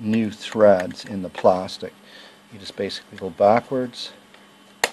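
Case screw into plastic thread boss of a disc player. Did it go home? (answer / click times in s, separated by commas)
yes / 4.8 s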